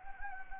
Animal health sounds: mosquito wingbeat signal from an infrared sensor; Anopheles gambiae

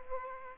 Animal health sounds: mosquito wingbeat signal from an infrared sensor; Aedes aegypti

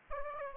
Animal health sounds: mosquito wingbeat signal from an infrared sensor; Aedes aegypti

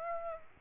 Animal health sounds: mosquito wingbeat signal from an infrared sensor; Aedes aegypti

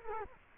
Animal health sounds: mosquito wingbeat signal from an infrared sensor; Culex quinquefasciatus

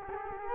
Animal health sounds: mosquito wingbeat signal from an infrared sensor; Culex quinquefasciatus

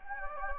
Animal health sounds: mosquito wingbeat signal from an infrared sensor; Anopheles gambiae

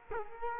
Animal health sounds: mosquito wingbeat signal from an infrared sensor; Culex quinquefasciatus

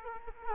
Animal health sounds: mosquito wingbeat signal from an infrared sensor; Culex quinquefasciatus

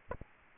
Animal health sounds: mosquito wingbeat signal from an infrared sensor; Aedes albopictus

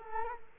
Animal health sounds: mosquito wingbeat signal from an infrared sensor; Culex quinquefasciatus

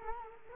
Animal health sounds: mosquito wingbeat signal from an infrared sensor; Culex quinquefasciatus

